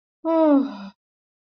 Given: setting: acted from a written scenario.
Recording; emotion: vocal sound without words; relief